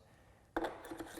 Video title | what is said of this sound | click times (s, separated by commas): Balto Unbox and Assembly 12 26 2020 | and lower it and it has a spot where it snaps in place and sits there | 0.6 s